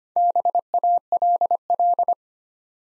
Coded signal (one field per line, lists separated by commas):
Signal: Morse code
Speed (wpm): 25 wpm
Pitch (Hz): 700 Hz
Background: none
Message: BALL